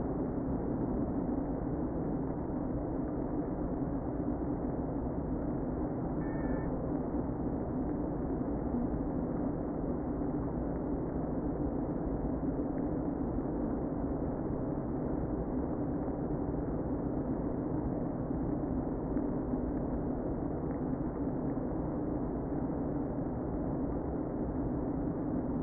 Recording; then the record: honeybee colony, microphone inside the hive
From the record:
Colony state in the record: queen present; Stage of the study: before two queens were removed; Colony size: about 60,000 bees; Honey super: yes